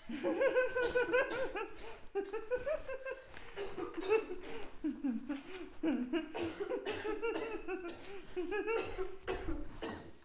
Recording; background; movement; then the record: laughter; a bystander coughing; walking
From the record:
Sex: female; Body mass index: 36.4 kg/m2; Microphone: on the chest, facing outward